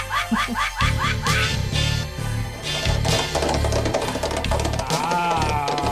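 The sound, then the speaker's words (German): Digitally sampled horse whinnies, processed in Vienna, Austria, in fall 1984, repeat in quick, chirpy bursts, then blend into a dense, bass-heavy electronic backing with warbling, pitch-shifted squeals laid over it. “Das waren Digital Horse Samples, processed in Vienna, Austria, during Fall 84.”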